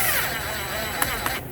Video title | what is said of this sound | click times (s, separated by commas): DIY Water Pump Replacement Prevents Expensive Engine Damage | Hear it? It just snaps free. | 1.0 s, 1.3 s